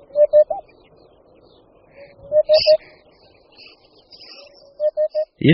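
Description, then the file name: Eurasian hoopoe giving low hollow hooting triplets, the sets spaced a couple of seconds apart, while other birds chirp faintly above and a thump sounds at the end. "Dudek-chocholatý"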